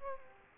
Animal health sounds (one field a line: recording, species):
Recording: mosquito wingbeat signal from an infrared sensor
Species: Aedes aegypti